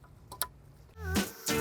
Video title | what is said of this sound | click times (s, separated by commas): BMW M4 Charge Cooler Upgrade DIY (2015-2021 BMW F82 M4, F80 M3, F87 M2 Competition, M2 CS) | we have the clip already down so that we can hear it click on | 0.4 s